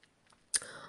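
After about half a second of near silence in a quiet room, a single sharp, hissy burst of air breaks out, then fades into a brief breathy tail. This is one quick sneeze from a dog, Louve (Loulou).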